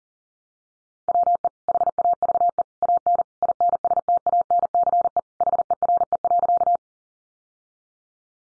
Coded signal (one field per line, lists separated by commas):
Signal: Morse code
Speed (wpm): 40 wpm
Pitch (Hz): 700 Hz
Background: none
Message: WE HAVE AN INSTANCE HERE.